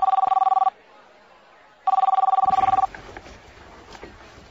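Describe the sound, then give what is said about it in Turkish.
A room telephone, called through an operator, rings in two long trilling bursts separated by a pause, with no one picking up; after the second ring, low rustling and faint voice-like murmurs follow. “Bayan Martin'in telefonu cevap vermiyor. Bir kere daha dener misiniz lütfen?”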